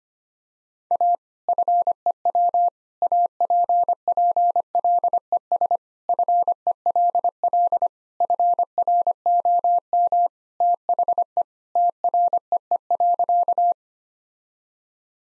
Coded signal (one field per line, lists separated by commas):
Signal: Morse code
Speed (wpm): 25 wpm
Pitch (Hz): 700 Hz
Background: none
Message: A FEW APPLES FELL FROM THE TREE.